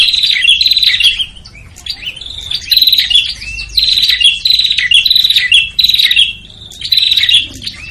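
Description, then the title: Prinia calls: loud buzzy trilled bursts repeated several times, with thin slurred whistles in the gaps. Noisy prinia calls used as a lure to attract red-headed prinias and visiting prinias. "Suara Prenjak Ribut Buat Pikat Burung Prenjak Kepala Merah Prenjak Tamu"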